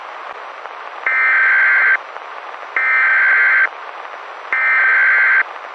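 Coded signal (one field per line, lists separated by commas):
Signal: Emergency Alert System (SAME) tones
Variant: header bursts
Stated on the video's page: Fictional EAS scenario alert about an SCP containment breach.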